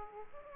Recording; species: mosquito wingbeat signal from an infrared sensor; Aedes aegypti